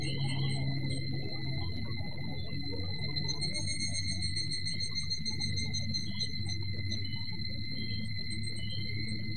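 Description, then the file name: Evening cicada call, a thin steady ringing tone held throughout, half buried under a heavy low rumble of background noise. "higurashi"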